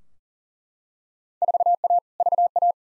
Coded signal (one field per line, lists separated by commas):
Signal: Morse code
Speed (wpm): 39 wpm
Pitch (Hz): 700 Hz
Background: none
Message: 4A VA